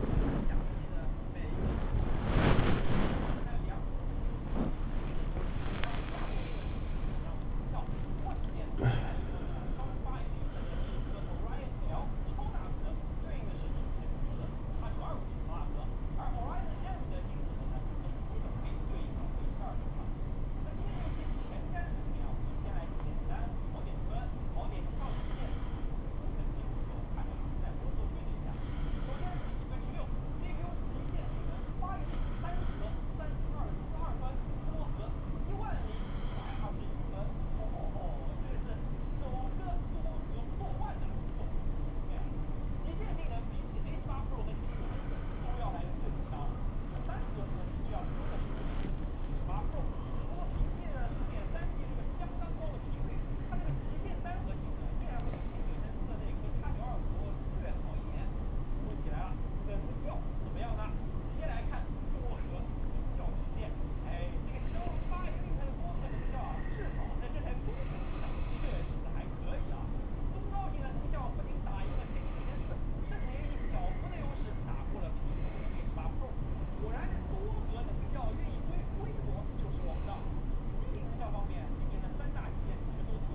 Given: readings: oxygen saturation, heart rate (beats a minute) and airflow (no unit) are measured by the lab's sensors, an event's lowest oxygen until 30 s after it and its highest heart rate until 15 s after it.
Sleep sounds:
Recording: a person awake in a sleep study, by a smartphone at the bedside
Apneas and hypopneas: none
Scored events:
0.00-83.35 s: awake
From the record:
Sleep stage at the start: awake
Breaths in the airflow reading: 30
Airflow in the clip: -0.7 to 0.7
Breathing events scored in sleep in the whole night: 403 in 5.5 hours asleep

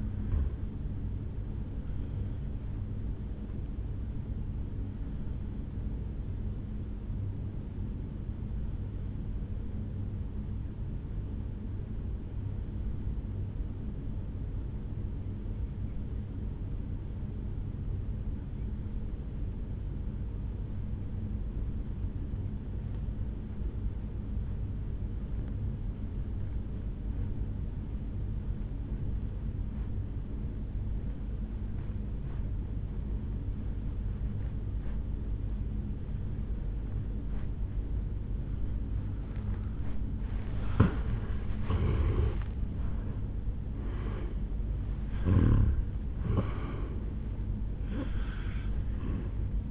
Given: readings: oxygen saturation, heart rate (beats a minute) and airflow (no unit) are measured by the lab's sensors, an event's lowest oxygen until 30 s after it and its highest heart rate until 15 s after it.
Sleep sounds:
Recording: breathing in sleep by a smartphone at the bedside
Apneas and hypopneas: 1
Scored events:
7.00-42.00 s: obstructive apnea (N2, oxygen 97% highest, then 81% lowest, heart rate 53 at the start, 78 highest)
37.00-49.71 s: new sleep stage, N1 (lightest sleep)
From the record:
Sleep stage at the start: N2 (light sleep)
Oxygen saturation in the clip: 82 to 97%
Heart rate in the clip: 52 to 78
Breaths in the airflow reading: 5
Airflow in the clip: -11.1 to 8.3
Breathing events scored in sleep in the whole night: 449 in 7.0 hours asleep

